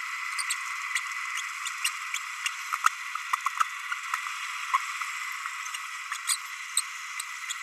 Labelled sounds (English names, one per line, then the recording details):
Green-rumped Parrotlet babbling
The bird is a male
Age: 30 days
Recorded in a nest box in Venezuela
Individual 17B32A6